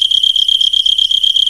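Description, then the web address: Cricket chirping in a fast, continuous pulsing trill at a high steady pitch, with a low rhythmic rumble underneath. Recorded in an African jungle. "Roland LCDP 11 Africa VOL-1 SFX Afro Jungle AN Crickets"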